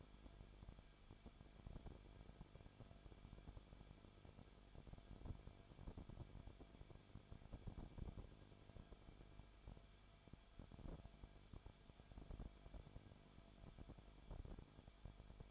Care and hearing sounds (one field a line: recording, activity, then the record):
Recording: daily activity, microphone in the room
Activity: no activity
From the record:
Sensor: 5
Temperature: 20.4 degrees Celsius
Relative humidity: 39.7%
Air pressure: 1010.8 hPa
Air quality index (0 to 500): 165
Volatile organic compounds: 15 ppm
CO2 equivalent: 2497 ppm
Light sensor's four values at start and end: 2/3/1/1 and 2/3/1/1